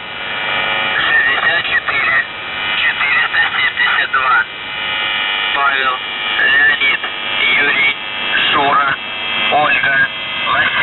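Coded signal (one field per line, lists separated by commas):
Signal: numbers station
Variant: UVB-76 voice message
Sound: a voice reading short words over a steady radio hum, no buzzes heard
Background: radio static and hum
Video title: The Buzzer/UVB-76(4625Khz) April 28th, 2023 12:54UTC Voice message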